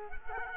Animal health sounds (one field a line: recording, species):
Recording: mosquito wingbeat signal from an infrared sensor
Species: Culex quinquefasciatus